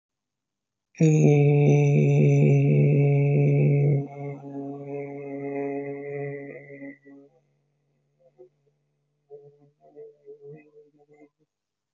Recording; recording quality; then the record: sustained vowel as in beet; excellent, no background noise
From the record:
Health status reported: healthy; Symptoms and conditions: none ticked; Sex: male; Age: 33 years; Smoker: not ticked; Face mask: not worn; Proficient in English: yes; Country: India